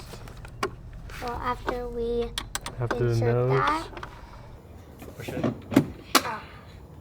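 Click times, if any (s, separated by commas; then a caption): 6.2 s. Someone talks while the front nose piece of a kids' electric ATV, a Tesla Cyberquad for kids, is inserted into the ride-on frame and pushed in. Several short knocks and taps follow, then the nose piece seats with a sharp click at 6.2 s.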